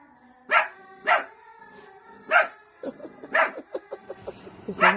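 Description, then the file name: Dog barking sharply several times, with short whining yelps between the later barks. Cute dog barking. "Tieng cho sua de thuong dang yeu"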